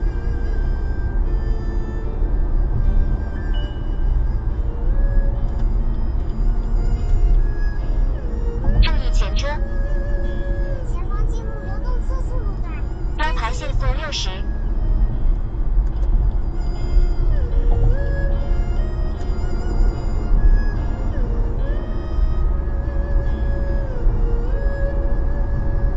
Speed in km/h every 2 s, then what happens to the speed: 83, 85, 88, 89, 83, 81, 79, 78, 82, 90, 95, 96, 95.
0-6 speeds up to 89. 6-14 slows to 78. 14-20 speeds up to 95. 20-26 steady at about 95.